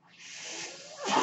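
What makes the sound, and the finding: Home mechanical ventilator. Mechanical ventilator breath cycle.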